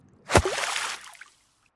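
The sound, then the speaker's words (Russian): A single heavy splash as someone plops into murky aquarium water, with a sharp burst followed by about a second of sloshing, bubbling churn that fades to quiet. No voices. “Потом он плюхнулся туда сам.”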